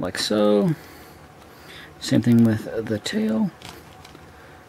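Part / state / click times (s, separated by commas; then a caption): plastic tail piece into action figure / seated / 4.1 s. Someone talks while a plastic tail piece is pushed into its socket on a TMNT 2012 Dogpound action figure. A soft click sounds at 4.1 s as the tail snaps into place and seats.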